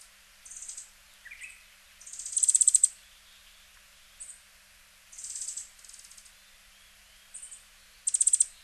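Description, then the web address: Asian stubtail singing very high, thin, insect-like bursts, some swelling into rapid pulsed trills, repeated every second or two, with a brief lower chirp early on. Recorded in Hyogo, Japan. "koe yabusame 0906 hyogo kaji"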